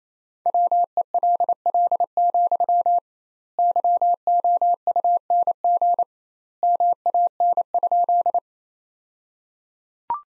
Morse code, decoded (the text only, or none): WELL, YOUNG MAN?